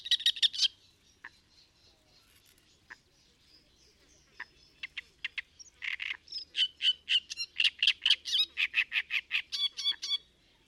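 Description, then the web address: Great reed warbler singing harsh, guttural repeated syllables, starting in a burst, faltering with scattered notes, then building into a fast rhythmic series of grating chirrs. "chant didier collin rousserolle turdoide"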